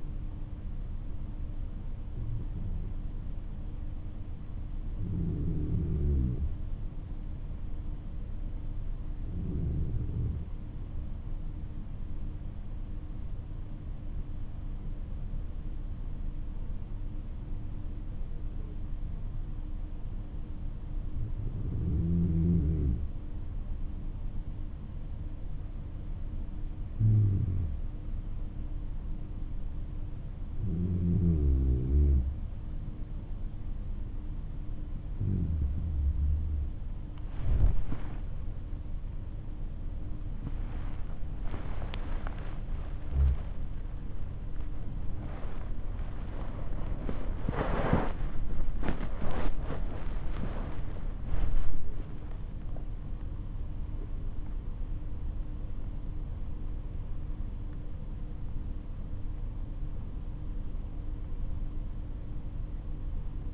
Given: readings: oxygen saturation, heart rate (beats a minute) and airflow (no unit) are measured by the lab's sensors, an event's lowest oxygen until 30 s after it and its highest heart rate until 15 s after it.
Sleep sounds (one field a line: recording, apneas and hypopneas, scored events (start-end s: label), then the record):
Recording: breathing in sleep by a smartphone at the bedside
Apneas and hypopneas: 1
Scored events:
6.00-40.10 s: hypopnea (N2, oxygen 95% highest, then 94% lowest, heart rate 52 at the start, 79 highest)
51.00-63.54 s: new sleep stage, N1 (lightest sleep)
From the record:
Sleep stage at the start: N2 (light sleep)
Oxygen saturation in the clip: 94 to 96%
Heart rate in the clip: 52 to 87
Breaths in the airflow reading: 15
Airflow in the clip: -7.4 to 9.7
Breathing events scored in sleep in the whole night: 304 in 5.6 hours asleep